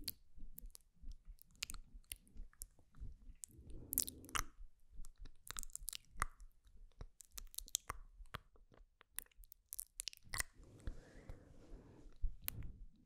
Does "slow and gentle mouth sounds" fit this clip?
yes